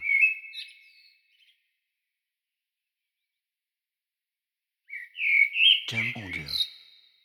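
Bird sings a short high phrase, then after a long pause a twittering phrase with a rough, buzzy quality.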